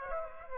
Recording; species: mosquito wingbeat signal from an infrared sensor; Aedes aegypti